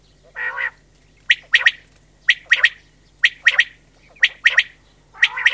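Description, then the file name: Common quail calling: sharp three-note phrases repeated about once a second, with a lower, rougher nasal note at the start and end. "QUAGLIA"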